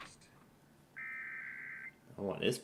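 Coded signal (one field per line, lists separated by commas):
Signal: Emergency Alert System (SAME) tones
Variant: header bursts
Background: speech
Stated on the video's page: Weekly test broadcast live on an online radio station.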